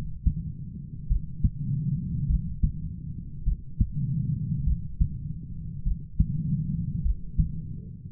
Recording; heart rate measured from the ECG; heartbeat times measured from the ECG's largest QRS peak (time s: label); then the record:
heart sounds by stethoscope; 50 bpm
1.07 s: heartbeat
2.26 s: heartbeat
3.43 s: heartbeat
4.63 s: heartbeat
5.82 s: heartbeat
7.01 s: heartbeat
From the record:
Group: heart failure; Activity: rest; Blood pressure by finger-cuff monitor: 77/40 mmHg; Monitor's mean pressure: 53 mmHg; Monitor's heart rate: 51 bpm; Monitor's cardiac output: 4.5 L/min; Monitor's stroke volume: 88 mL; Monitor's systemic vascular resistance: 840 dyn s/cm5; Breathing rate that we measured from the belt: 26 breaths a minute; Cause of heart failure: dilated cardiomyopathy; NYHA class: 3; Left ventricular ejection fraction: 27%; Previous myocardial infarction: absent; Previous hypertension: present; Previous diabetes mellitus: present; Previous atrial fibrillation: present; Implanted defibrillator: present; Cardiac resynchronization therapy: absent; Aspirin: present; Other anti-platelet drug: absent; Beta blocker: bisoprolol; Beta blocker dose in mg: 1.25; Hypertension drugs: sacubitril-valsartan, spironolactone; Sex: female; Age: 39 years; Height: 170 cm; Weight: 64 kg